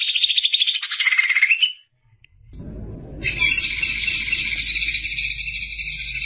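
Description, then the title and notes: Greater green leafbird song: a dense, buzzy warbling phrase, a short pause, then a long continuous raspy chatter with a faint low rumble underneath. Described as a champion songbird. "Kicau Burung Cucak Ijo Juara. Suara kicauan burung cucak ijo"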